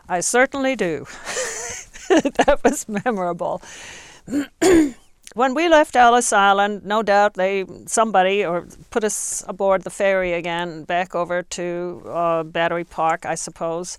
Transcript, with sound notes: I certainly do. (she laughs) That was memorable. (she clears her throat) When we left Ellis Island, no doubt somebody put us aboard the ferry again, back over to Battery Park I suppose,